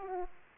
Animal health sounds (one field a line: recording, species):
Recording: mosquito wingbeat signal from an infrared sensor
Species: Aedes aegypti